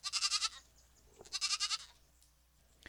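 Goat bleating in two quavering, pulsed bursts, each lasting about half a second, with quiet between them.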